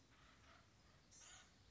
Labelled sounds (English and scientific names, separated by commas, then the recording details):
Acorn Woodpecker (Melanerpes formicivorus)
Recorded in Sonoma County, California